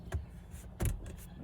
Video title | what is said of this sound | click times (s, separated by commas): 2017 jeep wrangler heated seats install | just it's just gonna click back into place you'll hear it in a few different spots and | 0.1 s, 0.8 s, 0.9 s